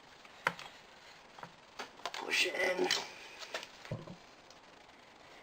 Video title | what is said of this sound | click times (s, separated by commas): $200 Budget Stunt Bike (Carbs cleaned, Gas tank installed!!) | want to make sure you feel the carburetors pop into place | 0.5 s